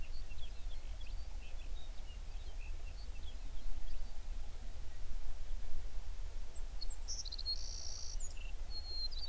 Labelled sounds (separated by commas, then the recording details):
songbird
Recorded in the Prudhoe Bay oil fields, Alaska, on 11 June 2019 at 04:48
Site 21